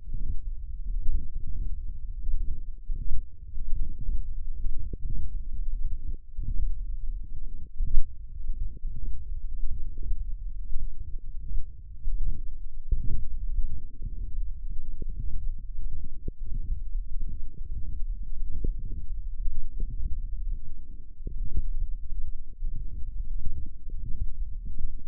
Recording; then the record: forearm muscle sounds (acoustic myography)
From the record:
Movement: wrist extension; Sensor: system 1, eight BSWA MPA416 microphones around the upper forearm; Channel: 8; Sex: male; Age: 21 years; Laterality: right